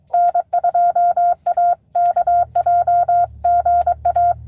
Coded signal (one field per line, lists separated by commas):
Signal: Morse code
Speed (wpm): 21 wpm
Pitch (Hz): 700 Hz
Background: none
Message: N2AKJ GA